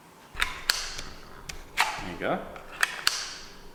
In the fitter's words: okay there you go got a nice little positive click that's